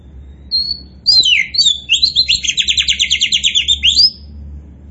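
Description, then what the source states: Oriental magpie-robin song: a few clear whistled notes, then a fast, buzzy, pulsed trill of about fifteen notes, ending on a rising whistle; faint low hum beneath. Kacer poci type, singing vigorously ('gacor').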